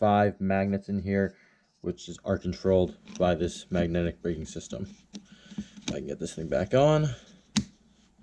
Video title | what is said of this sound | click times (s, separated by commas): Is the Lews Mach Crush TRASH???? | it locks and you just twist this thing between here | 7.6 s